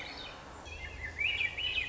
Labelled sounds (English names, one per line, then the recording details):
Swainson's Thrush
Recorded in Sonoma County, California